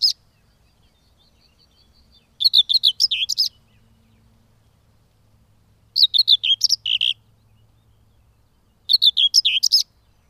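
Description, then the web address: Common whitethroat song: the tail of one warble, then three short, rapid, grating warbles every three to four seconds, separated by near silence. "Madardalok Mezei poszáta"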